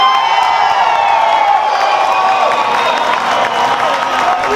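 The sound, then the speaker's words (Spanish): A crowd at a Gustavo Petro political speech in Colombia applauds and cheers steadily, a loud, continuous wash of clapping with overlapping shouts and whoops throughout, with no one speaking over it. “Digamos, para un aplauso, comienza porque todos los corruptos deben irse a la cárcel.”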